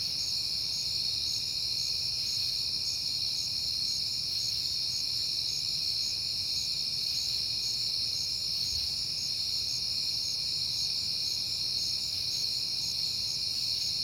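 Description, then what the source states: Crickets chirping without pause, continuous high trills and a brisk pulsed chirp repeating evenly, with a low rumble and a brief thump. Crickets at night in September, on a peaceful night.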